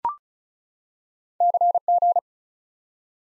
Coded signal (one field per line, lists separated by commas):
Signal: Morse code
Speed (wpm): 36 wpm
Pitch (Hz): 700 Hz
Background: none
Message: CG